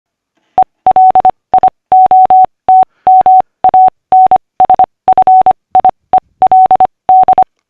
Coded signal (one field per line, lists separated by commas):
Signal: Morse code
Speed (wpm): 25 wpm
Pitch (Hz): 750 Hz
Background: none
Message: ELIOT MANSFIELD